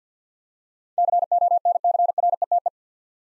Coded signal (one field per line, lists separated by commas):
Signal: Morse code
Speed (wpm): 50 wpm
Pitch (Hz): 700 Hz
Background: none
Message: CONCRETE